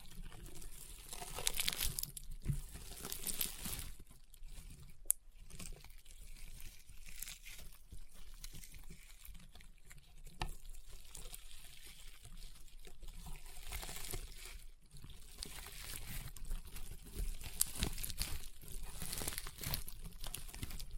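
Crunchy, popping slime being squeezed and worked, with dense clusters of small crackles and wet pops running throughout. Bursts swell and fade every second or two, bright and crisp, with a few sharper snaps near five and ten seconds.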